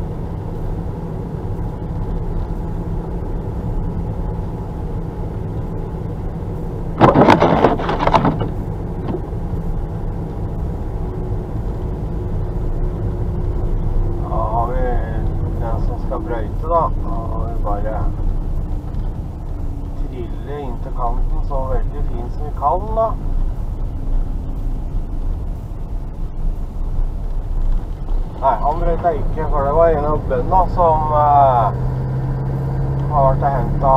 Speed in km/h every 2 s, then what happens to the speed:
44, 44, 43, 43, 42, 42, 40, 37, 35, 32, 30, 30, 29, 27, 27, 33, 35.
0-10 steady at about 43. 10-26 slows to 27. 26-34 speeds up to 35.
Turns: none.